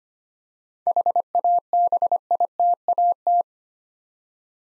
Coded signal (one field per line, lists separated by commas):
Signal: Morse code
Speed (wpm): 25 wpm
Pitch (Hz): 700 Hz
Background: none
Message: HABITAT